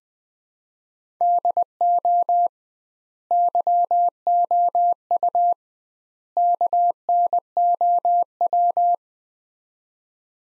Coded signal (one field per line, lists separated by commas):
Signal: Morse code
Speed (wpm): 20 wpm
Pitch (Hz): 700 Hz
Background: none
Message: DO YOU KNOW